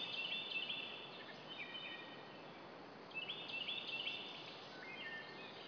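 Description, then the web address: Bird chirps in short flurries of high twittering notes separated by a quieter gap, against a steady hiss. "hlworld birdchirps"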